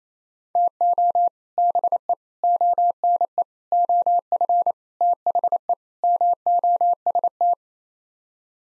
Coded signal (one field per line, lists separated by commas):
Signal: Morse code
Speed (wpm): 28 wpm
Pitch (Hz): 700 Hz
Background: none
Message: TO BE ONE OF THE MOST